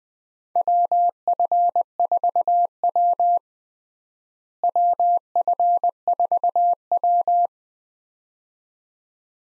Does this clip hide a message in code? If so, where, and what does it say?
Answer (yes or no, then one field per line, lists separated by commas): yes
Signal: Morse code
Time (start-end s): 0.6-7.5 s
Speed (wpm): 20 wpm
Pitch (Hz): 700 Hz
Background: none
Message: WF4W WF4W